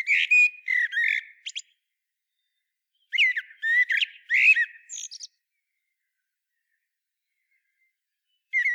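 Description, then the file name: Common blackbird with two warbling song phrases, each mixing mellow whistles and high chattering squeaks, then a quiet gap. "Turdus merula"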